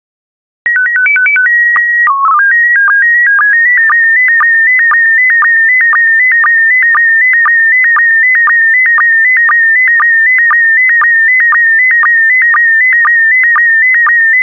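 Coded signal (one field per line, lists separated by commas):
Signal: SSTV (slow-scan television)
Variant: PD 120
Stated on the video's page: SSTV PD120 images of rural France for decoding practice.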